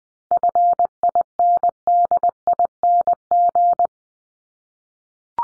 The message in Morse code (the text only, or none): FINDING